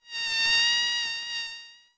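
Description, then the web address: Mosquito wing buzz, a steady, thin, high whine with many overtones, swelling quickly and fading after about two seconds. "MS Animales"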